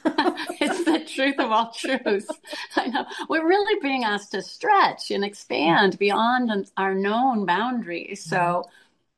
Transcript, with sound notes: It's the truth of all truths.
(laughs)
I know. We're really being asked to stretch and expand beyond our known boundaries.